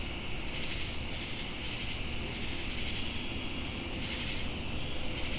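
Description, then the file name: Crickets with a sustained high-pitched trill and a few brief chirps, over a low background rumble and a throbbing insect chorus. Crickets recorded together with cicadas in Jamestown, North Carolina, on 10 August 2018. "Crickets And Sacadas Jamestown NC August-10-2018"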